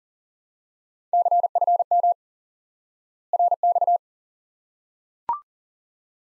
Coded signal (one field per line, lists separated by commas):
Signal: Morse code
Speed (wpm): 40 wpm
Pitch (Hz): 700 Hz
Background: none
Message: CFM RX